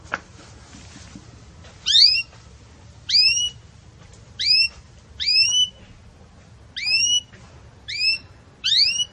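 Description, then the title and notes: Belgian canary giving single rising, ringing whistled notes, repeated with quiet pauses between. Belgian canary, song style called campainha (bell), for tutoring young canaries being raised. "Belíssimo Canto Do Canário Belga Campainha Para Encarte De Filhotes. CANARIO"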